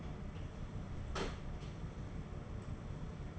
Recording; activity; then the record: daily activity, microphone in the room; close door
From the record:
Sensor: 4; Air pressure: 1016.1 hPa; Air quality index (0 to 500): 210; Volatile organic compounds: 13 ppm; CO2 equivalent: 2396 ppm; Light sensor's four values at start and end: 9/20/8/7 and 9/20/8/7